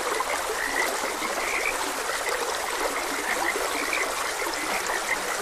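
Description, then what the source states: Frogs giving short repeated croaks in a busy chorus while a stream trickles and rushes continuously. Frogs croaking beside a gentle stream.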